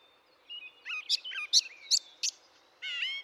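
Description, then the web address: Brown thrasher singing a brisk series of varied high notes, sharp chips and slurred whistles, ending on a longer rich, harmonic phrase. "birdsongforthecurious Brown Thrasher"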